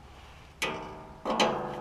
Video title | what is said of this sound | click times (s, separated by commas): Troy Bilt Bronco lawn tractor revival: Replacing drive belts and sorting out deck issues | all right we kind of got it locked into place but not fully yet so | 0.6 s